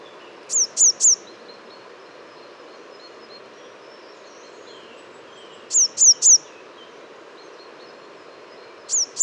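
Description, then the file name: Great tit calls in quick triplets of sharp, high, downslurred notes, repeated roughly every five seconds against steady background noise. "Parus major"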